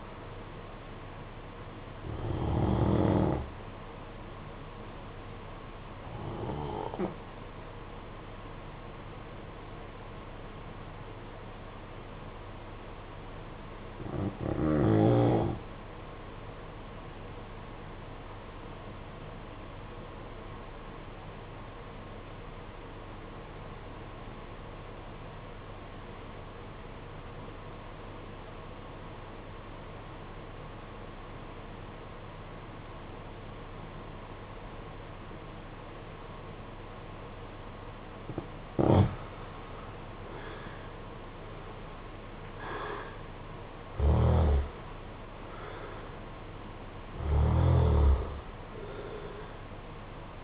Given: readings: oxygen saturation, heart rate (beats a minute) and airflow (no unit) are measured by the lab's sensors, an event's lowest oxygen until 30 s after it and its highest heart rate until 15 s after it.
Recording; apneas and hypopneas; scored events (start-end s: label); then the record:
breathing in sleep by a voice recorder at the bedside; 1
9.00-40.80 s: obstructive apnea (REM, oxygen 95% highest, then 76% lowest, heart rate 52 at the start, 74 highest)
From the record:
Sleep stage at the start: REM sleep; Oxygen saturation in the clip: 78 to 95%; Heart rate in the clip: 52 to 74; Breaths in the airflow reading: 5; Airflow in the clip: -11.7 to 15.2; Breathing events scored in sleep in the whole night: 476 in 9.7 hours asleep